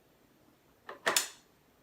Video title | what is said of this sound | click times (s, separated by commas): Special Guns with Roger Rule Episode 2: Rigby Light Deluxe Magazine Rifle | till you hear the click | 1.1 s, 1.2 s